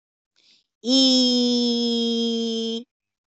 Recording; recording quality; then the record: sustained vowel as in beet; excellent, no background noise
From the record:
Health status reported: healthy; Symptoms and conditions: none ticked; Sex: female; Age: 40 years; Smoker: not ticked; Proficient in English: yes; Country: India